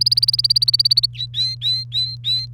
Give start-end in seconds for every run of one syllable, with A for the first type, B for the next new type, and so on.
0.00-1.06 A, 1.15-2.46 B